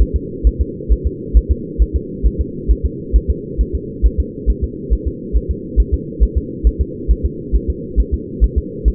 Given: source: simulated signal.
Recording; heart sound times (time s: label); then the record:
fetal heart sounds
0.01 s: S1
0.16 s: S2
0.47 s: S1
0.61 s: S2
0.92 s: S1
1.07 s: S2
1.37 s: S1
1.52 s: S2
1.82 s: S1
1.96 s: S2
2.26 s: S1
2.41 s: S2
2.71 s: S1
2.86 s: S2
3.16 s: S1
3.31 s: S2
3.61 s: S1
3.75 s: S2
4.06 s: S1
4.20 s: S2
4.50 s: S1
4.64 s: S2
4.93 s: S1
5.08 s: S2
5.37 s: S1
5.51 s: S2
5.80 s: S1
5.94 s: S2
6.23 s: S1
6.38 s: S2
6.67 s: S1
6.81 s: S2
7.11 s: S1
7.26 s: S2
7.55 s: S1
7.70 s: S2
8.00 s: S1
8.14 s: S2
8.44 s: S1
8.58 s: S2
8.88 s: S1
From the record:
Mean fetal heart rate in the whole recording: 135 bpm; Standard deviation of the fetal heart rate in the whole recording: 3 bpm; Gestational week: 34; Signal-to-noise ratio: -4.1 dB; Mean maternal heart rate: no maternal heart sound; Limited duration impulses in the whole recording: absent